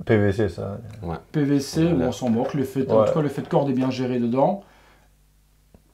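Someone talks while handling the resin head of a Sideshow Scarecrow Premium Format collectible statue, getting it ready to fit onto the statue body. The speech stops at about 4.6 s, followed by near silence and a faint tick at 5.8 s. The head has not seated or clicked onto the body yet.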